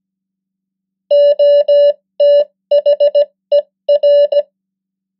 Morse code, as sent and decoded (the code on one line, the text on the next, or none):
--- - .... . .-.
OTHER